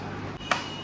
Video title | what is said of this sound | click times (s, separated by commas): YAY - NEW FURNITURE SHOPPING - I Made Thai Green Curry Grilled Chicken Salad | அதை just நீங்கள் click பண்ணிட்டா போதும், lock ஆகிடும். | 0.5 s